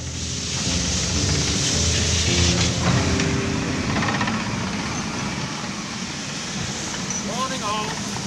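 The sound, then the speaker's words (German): A train pulls out of a station with a steady low rumble and droning engine hum, metallic tones rising briefly near the end, while indistinct voices murmur underneath. “Oh komm, wir verpassen den Zug. Zurückbleiben.”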